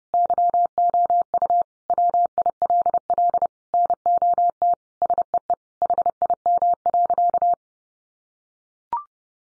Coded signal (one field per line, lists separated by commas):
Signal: Morse code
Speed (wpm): 30 wpm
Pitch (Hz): 700 Hz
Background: none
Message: YOU WILL NOT SEE HIM.